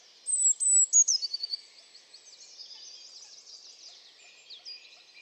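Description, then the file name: Eurasian blue tit song of high whistles and a short trill at the start, followed by faint chatter of other birds. "Cyanistes caeruleus"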